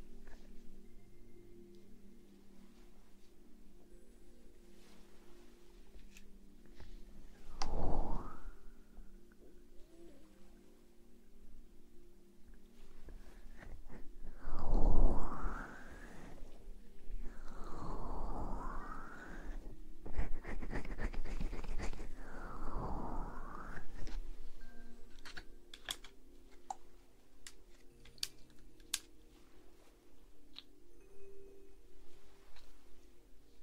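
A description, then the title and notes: Ear blowing: soft breathy gusts of air come in waves, one near 8 seconds, then a run of three or four from about 15 to 24 seconds, each swelling and fading. Between them a low steady hum sits underneath, with faint scattered clicks and taps. ASMR Ear blowing.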